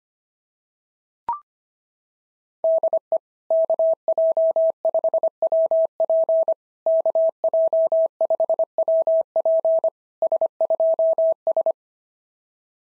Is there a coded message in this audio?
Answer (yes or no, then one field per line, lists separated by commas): yes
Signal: Morse code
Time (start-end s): 2.6-11.7 s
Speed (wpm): 23 wpm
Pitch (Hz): 650 Hz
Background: none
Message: DE KJ5WP KJ5WP S2S